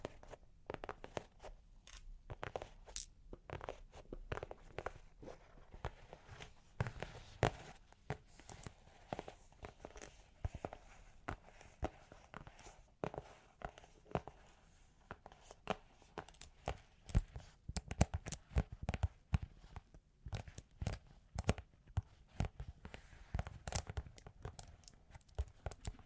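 Long claws tap and scratch in dense, irregular clicks and scrapes throughout, with sharp bright ticks clustering more tightly after about fifteen seconds.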